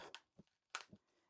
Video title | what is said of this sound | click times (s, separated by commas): Cena wins…lol | So, let's do these little clicks up | 0.1 s, 0.8 s